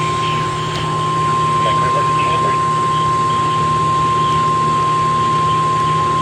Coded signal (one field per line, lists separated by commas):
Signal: Emergency Alert System (SAME) tones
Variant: 1050 Hz attention tone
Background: speech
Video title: PURE MAYHEM 4: Part 3 | EAS Alerts from 7/17/24 | EAS#1,014-1,050